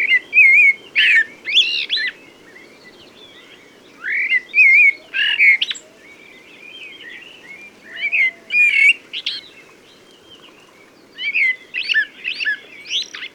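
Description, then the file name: Common blackbird delivering repeated phrases of fluting whistles topped by high, squeaky twitters, each phrase separated by roughly two seconds of near silence. "Turdus merula"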